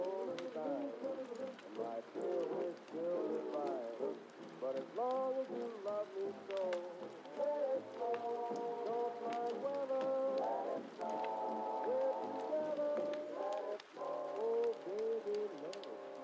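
An oldies song plays from another room, a singing voice with sustained, wavering notes carried over a steady backing. A constant hiss of heavy rain runs underneath, and faint crackles and pops from the fire break through at irregular moments.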